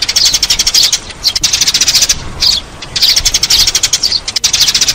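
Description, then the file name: Sparrow chatter, quick bright chirps run together in short fast bursts, pausing briefly between runs. "Tieng se"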